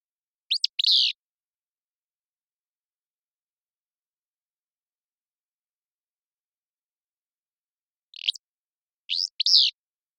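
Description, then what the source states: Willow flycatcher singing a short buzzy two-part phrase, repeated after a long pause, with a brief lone note before the second phrase. Song a buzzy, sharp, staccato 'fitz-pew'; innate rather than learned from parents.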